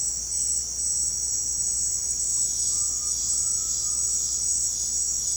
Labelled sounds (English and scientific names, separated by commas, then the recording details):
none
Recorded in pastures near Puerto Asís, Putumayo, Colombia, on 13 March 2025 at 18:00
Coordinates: 0.502, -76.324
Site GP07